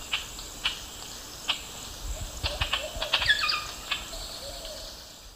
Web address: S America Eastern Lowlands Lampropsar tanagrinus, calls and songs pair